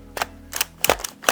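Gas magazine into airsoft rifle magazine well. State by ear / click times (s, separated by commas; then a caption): not seated / none. A Double Eagle gas magazine is pushed into the magazine well of a Tokyo Marui MWS airsoft rifle. Sharp plastic and metal knocks are heard around 0.2, 0.6, 0.8–0.9, 1.1 and 1.3 seconds. The magazine fits the well but does not clip in at all, so nothing has latched and the rifle is unusable with that magazine.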